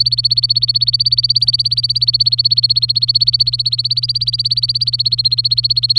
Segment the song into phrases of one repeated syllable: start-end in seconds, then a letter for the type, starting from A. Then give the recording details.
0.00-5.98 A. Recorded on 24 April 2018 at 13:12. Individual llb3